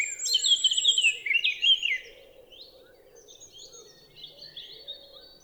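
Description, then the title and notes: Eurasian blackcap giving a brief loud fluting warble, then quiet scattered notes while a wood pigeon coos low in the background. Recorded 10 April 2020 at Champs des Blas, Val Maravel, after the dawn chorus; melodious song; wood pigeon cooing behind; faint traffic hum from a road over 5 km away; Nagra LB stereo omni MKH20. "Fauvette à tête noire (Sylvia atricapilla). Champs des Blas - Val Maravel"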